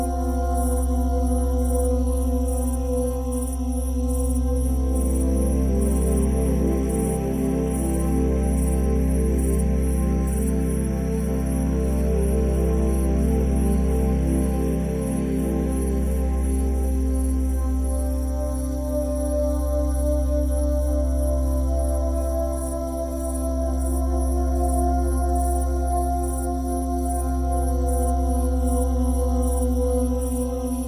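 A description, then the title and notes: Tranquil music with a deep, steady drone and long ringing tones like a singing bowl, swelling gently in slow cycles about every seven to eight seconds. Between roughly five and eighteen seconds a warmer middle layer thickens, while a constant high shimmer, like crickets, runs throughout. Drift into a deep sleep with this mix of crickets and tranquil music.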